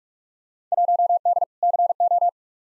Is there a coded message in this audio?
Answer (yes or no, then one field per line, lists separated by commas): yes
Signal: Morse code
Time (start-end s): 0.7-2.3 s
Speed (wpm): 42 wpm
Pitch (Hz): 700 Hz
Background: none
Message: 1D CO